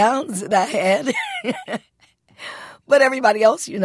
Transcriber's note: laughing